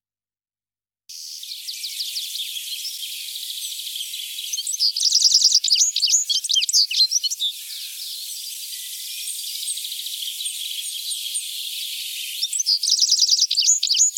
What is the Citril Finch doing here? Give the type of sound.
song